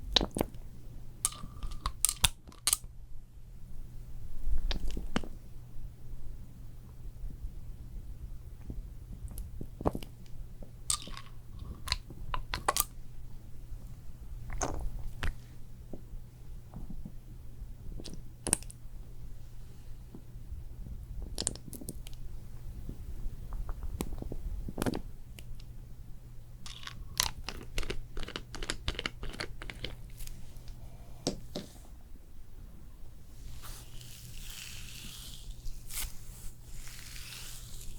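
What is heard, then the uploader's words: Layered spa facial sounds: a steady low hum under frequent soft taps, clicks and squishy touches, with a brief brighter hiss near the end. ASMR First Person Realistic SPA Facial Layered Sounds, Personal Attention (No talking).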